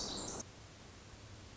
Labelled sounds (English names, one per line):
Pacific Wren